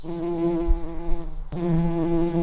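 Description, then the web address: Early bumblebee buzzing, a low steady hum with rich harmonic stack, breaking off briefly after about one and a half seconds before resuming just as strongly. Queens. "bumblebees Pratorum-queens"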